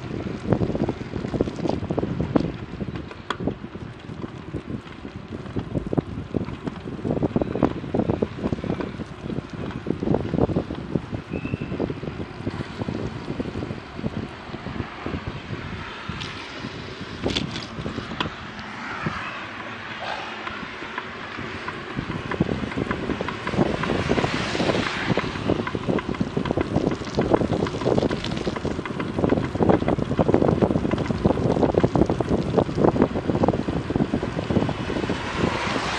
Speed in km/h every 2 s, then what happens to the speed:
16, 17, 19, 21, 22, 21, 13, 11, 10, 16, 20, 23, 25, 26, 26, 25, 25, 24.
0-9 speeds up to 22. 9-16 slows to 10. 16-24 speeds up to 25. 24-36 steady at about 25.